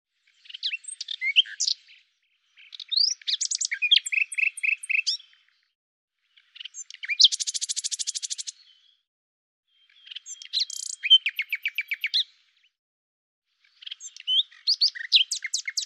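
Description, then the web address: Common nightingale delivering five separate song phrases with pauses between, mixing chirps, whistles and one very fast, rattling trill. "cianscape birddata Deverinetal 2025 Bird Lu Me"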